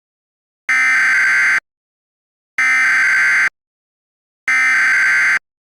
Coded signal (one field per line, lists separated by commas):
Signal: Emergency Alert System (SAME) tones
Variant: header bursts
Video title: EAS Scenario 3: Sarah's Rampage